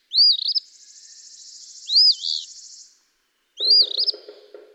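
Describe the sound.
Eastern phoebe giving three harsh, high two-part phrases, with a long buzzy trill after the first and a low rattling sound under the last phrase.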